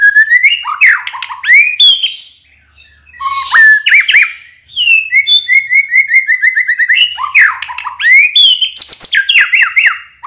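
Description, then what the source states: White-rumped shama song, a rich varied run of loud whistled phrases, slurred notes and rapid trills, with fast chattering rattles mixed between the phrases. Singing actively; lure recording to make birds respond.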